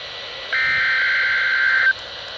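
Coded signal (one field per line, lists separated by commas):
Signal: Emergency Alert System (SAME) tones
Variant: header bursts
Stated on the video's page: Required Weekly Test from NOAA Weather Radio station KEC91, Astoria, Oregon.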